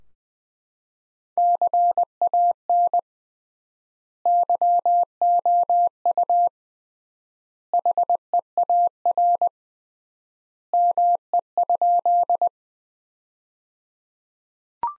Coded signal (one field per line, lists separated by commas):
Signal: Morse code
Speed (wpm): 21 wpm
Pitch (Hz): 700 Hz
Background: none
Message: CAN YOU HEAR ME?